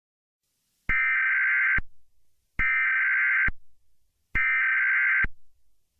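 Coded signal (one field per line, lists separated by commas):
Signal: Emergency Alert System (SAME) tones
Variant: header bursts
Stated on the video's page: Recreation of the Hawaii missile threat hoax alert; contains valid EAS tones.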